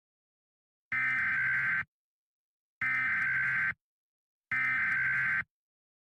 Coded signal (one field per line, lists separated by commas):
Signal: Emergency Alert System (SAME) tones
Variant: header bursts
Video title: EAS Scenario: The return of Elvis Aaron Presley